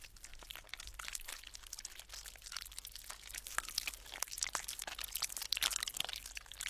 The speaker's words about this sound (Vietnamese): Đôi mắt trợn trừng, rồi nó đưa tay bốc từng nắm đất mộ, nhét vào mồm, nhai rau ráu, đến giận cả người.